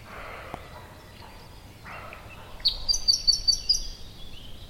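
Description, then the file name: Nightingale song: after a quiet start, a quick series of sharp, high repeated notes comes in the second half. "Luscinia megarhynchos"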